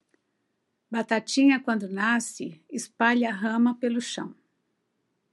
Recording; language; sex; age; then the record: short text; Brazilian Portuguese; female; 60 to 69 years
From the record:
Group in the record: control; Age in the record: 65 years